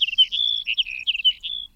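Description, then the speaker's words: Sage Sparrow song, a brief tumbling series of high notes running together for under two seconds against near silence. Male's plaintive song, sung on through April's wildflowers and summer's heat. "April's burst of brilliant wildflowers and summer's desiccating heat, the sage sparrow sings on."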